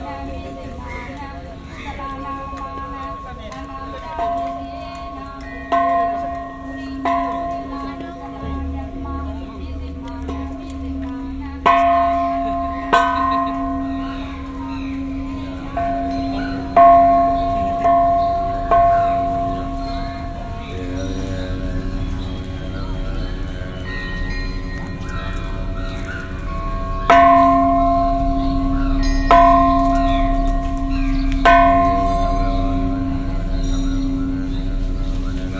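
Bells ring at the Shwedagon Pagoda in Yangon, struck every few seconds with clear, lingering tones over a steady low hum. The strikes are irregular, with clusters around 12, 17 and 27–31 seconds, and faint voices murmur throughout the background.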